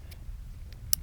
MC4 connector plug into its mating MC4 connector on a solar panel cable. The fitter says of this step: it's only got one direction that it will work so this one right here will snap